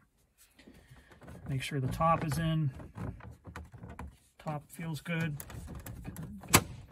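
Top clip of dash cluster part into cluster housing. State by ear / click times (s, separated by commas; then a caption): seated / 6.5 s. Someone talks while pressing the top of a dash cluster part on a 1994–1996 Chevy Caprice/9C1 or 1994–1995 Impala SS, with faint ticks and handling sounds throughout. A sharp click at 6.6 s is the plastic top clip snapping into the cluster housing, and the part is fully seated.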